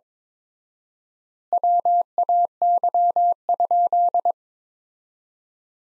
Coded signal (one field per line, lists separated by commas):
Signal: Morse code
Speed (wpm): 21 wpm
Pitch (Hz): 700 Hz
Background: none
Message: WAY?